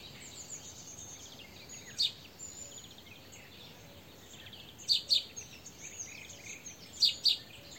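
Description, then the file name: House sparrow giving a few scattered chirps, mostly in quick pairs separated by long pauses, over soft high-pitched twittering and a steady background hiss. "Passer domesticus"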